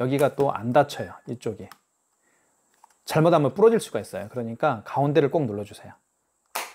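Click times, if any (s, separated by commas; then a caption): 6.6 s. Someone talks while the plastic paper-compartment cover of a KIS-8611Q Wi-Fi hotspot wireless card terminal is pressed at its center to close it, since pressing the edges won't close it and could break it. A sharp snap at 6.6 s shows the cover has seated shut in the terminal body.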